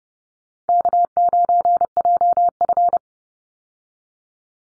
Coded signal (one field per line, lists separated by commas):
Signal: Morse code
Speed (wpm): 30 wpm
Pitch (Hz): 700 Hz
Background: none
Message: K9JF